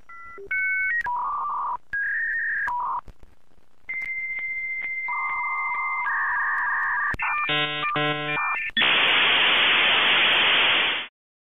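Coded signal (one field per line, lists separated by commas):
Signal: dial-up modem handshake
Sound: dialing tones, a long high answer tone, warbling chirps, then loud static hiss until cutoff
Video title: Dial Up Internet - Sound Effect (HD)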